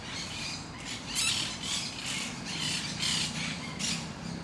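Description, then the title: Parakeets giving harsh, grating squawks in a loose chorus over a low steady rumble. Recorded in Parc de Forest, Saint-Gilles, Belgium, with Sony PCM-D100 internal microphones in wide position. "Parc de Forest, 1060 Saint-Gilles, Belgique - Parakeets - Perruches"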